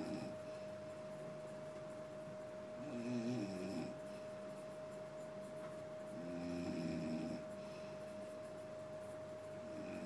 I know the children s ward at hospital may be a little noisy at night but this mother s snoring is keeping me awake.